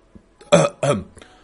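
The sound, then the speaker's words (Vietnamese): Two short, rough dry coughs in quick succession, throaty and partly voiced, from the hunchbacked Xuất Trần Thanh Đế before he speaks, followed by a faint breathy sound; no talking. “Xuất trần thanh đế lưng gù ho khan mấy tiếng lúc này mới nói.”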